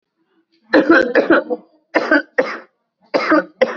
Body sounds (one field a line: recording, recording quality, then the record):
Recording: heavy voluntary cough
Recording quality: excellent, no background noise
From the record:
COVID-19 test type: RT-PCR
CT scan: not taken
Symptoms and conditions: cough, fatigue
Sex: male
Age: 30 years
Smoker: no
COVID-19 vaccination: both doses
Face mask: worn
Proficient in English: yes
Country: India